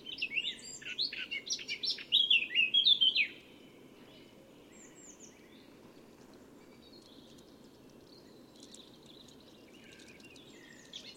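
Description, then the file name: Eurasian blackcap song: about three seconds of loud, fast warbling that ends abruptly, followed by faint chirps over steady low background noise. "Sylvia atricapilla"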